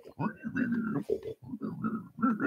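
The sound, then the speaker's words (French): A voice imitates a pig, introduced as the video's new columnist Monsieur Cochon, letting out a run of nasal oinks and throaty grunts in a few loud bursts with brief pauses between them. “J'ai désormais un chroniqueur en la personne de monsieur Cochon.”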